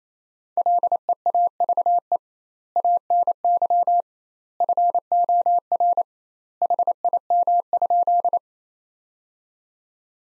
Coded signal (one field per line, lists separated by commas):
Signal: Morse code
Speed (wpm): 28 wpm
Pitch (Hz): 700 Hz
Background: none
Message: LEAVE ANY FOR HIM?